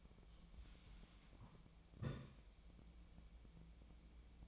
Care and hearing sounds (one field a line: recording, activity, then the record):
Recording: daily activity, microphone in the room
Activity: take from stove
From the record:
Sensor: 1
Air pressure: 1010.0 hPa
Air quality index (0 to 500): 187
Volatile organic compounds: 17 ppm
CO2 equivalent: 2568 ppm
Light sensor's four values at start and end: 38/97/40/49 and 38/96/40/49